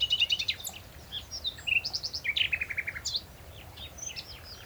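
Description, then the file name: Common nightingale song with rapid repeated notes in short rhythmic bursts, a descending series of chips, and sharp whistled accents, against a quiet noisy background. "Luscinia megarhynchos"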